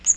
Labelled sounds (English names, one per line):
Magnolia Warbler flight call